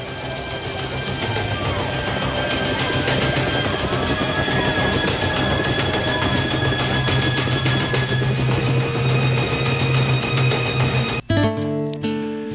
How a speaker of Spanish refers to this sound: En estos momentos estamos, no sé si ustedes logran escuchar el helicóptero, sí, que viene a buscar al presidente De la Rúa para trasladarlo a la residencia presidencial de Olivos.